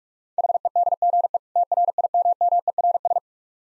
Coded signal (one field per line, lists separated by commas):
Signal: Morse code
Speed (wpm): 46 wpm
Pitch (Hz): 700 Hz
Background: none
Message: HEDGE TRIMMERS